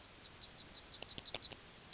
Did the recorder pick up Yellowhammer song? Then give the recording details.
yes. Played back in grassland. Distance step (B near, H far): C. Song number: 001